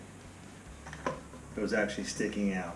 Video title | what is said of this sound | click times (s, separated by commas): GERBER ELONGATED COMFORT HEIGHT TOILET INSTALLATION | now it is, snaps right in there | 0.9 s, 1.1 s